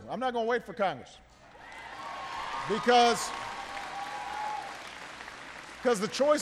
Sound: applause

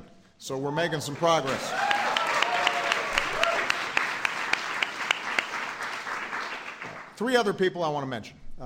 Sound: applause

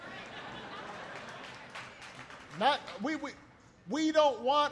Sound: applause

